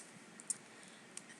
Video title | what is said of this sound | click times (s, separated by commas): Mascara Routine & Review: Rimmel London Lash Accelerator Endless | like that you can actually hear it click so you know that your cap is actually on and secure okay | 0.5 s, 1.2 s